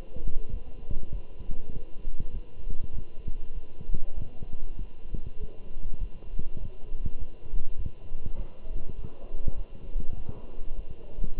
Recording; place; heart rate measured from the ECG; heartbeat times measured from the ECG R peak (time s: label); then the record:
heart sounds by stethoscope; between the tricuspid and mitral areas; 100 bpm
0.52 s: heartbeat
1.12 s: heartbeat
1.73 s: heartbeat
2.32 s: heartbeat
2.92 s: heartbeat
3.54 s: heartbeat
4.16 s: heartbeat
4.78 s: heartbeat
5.39 s: heartbeat
6.00 s: heartbeat
6.59 s: heartbeat
7.19 s: heartbeat
7.78 s: heartbeat
8.37 s: heartbeat
8.96 s: heartbeat
9.57 s: heartbeat
10.16 s: heartbeat
10.76 s: heartbeat
11.36 s: heartbeat
From the record:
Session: walking at 3.7 km/h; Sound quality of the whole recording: good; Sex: male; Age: 24 years